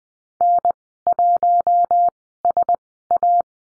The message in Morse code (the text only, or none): N1SA